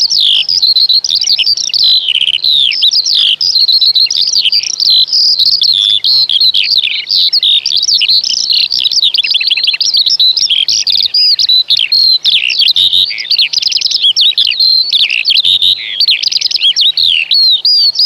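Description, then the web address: Eurasian skylark delivering a dense, nonstop bubbling song of high twittering notes and trills, run together with almost no gaps. "Przyroda Ptaki Skowronek"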